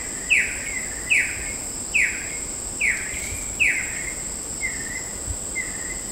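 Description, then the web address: Chestnut-collared kingfisher giving repeated descending whistles, a little faster than one per second, fading to softer notes near the end, with a continuous shrill insect hum behind. Recorded at Sepilok on 5 August 2009. "SEPILOK 20090805. chestnut-collared kingfisher"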